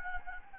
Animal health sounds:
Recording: mosquito wingbeat signal from an infrared sensor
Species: Anopheles gambiae

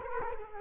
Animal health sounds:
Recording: mosquito wingbeat signal from an infrared sensor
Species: Culex quinquefasciatus

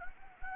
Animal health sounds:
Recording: mosquito wingbeat signal from an infrared sensor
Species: Anopheles gambiae

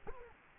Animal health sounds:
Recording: mosquito wingbeat signal from an infrared sensor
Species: Culex quinquefasciatus

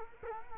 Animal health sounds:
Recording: mosquito wingbeat signal from an infrared sensor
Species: Culex quinquefasciatus

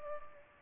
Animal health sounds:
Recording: mosquito wingbeat signal from an infrared sensor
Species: Culex pipiens

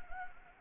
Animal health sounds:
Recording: mosquito wingbeat signal from an infrared sensor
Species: Anopheles gambiae

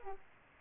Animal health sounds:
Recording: mosquito wingbeat signal from an infrared sensor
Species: Aedes aegypti

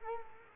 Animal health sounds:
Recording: mosquito wingbeat signal from an infrared sensor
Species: Culex quinquefasciatus

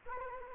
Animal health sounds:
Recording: mosquito wingbeat signal from an infrared sensor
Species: Culex quinquefasciatus

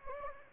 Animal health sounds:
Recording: mosquito wingbeat signal from an infrared sensor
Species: Anopheles gambiae

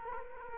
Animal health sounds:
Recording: mosquito wingbeat signal from an infrared sensor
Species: Culex quinquefasciatus

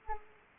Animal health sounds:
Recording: mosquito wingbeat signal from an infrared sensor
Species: Anopheles arabiensis

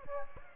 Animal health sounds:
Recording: mosquito wingbeat signal from an infrared sensor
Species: Aedes aegypti

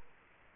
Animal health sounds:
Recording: mosquito wingbeat signal from an infrared sensor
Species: Culex quinquefasciatus

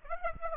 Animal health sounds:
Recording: mosquito wingbeat signal from an infrared sensor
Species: Aedes aegypti

